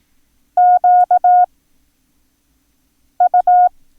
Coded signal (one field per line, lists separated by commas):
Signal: Morse code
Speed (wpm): 18 wpm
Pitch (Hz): 720 Hz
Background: none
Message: QU